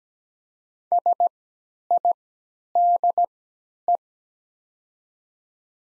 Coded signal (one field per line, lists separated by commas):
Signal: Morse code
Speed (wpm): 17 wpm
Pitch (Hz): 700 Hz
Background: none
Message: SIDE